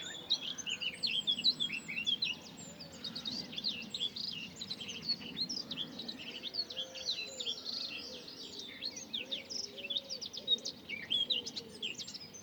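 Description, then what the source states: Birds singing together, steady overlapping high twitters and chirps for the whole stretch, with faint low cooing and background noise. Recorded in the morning.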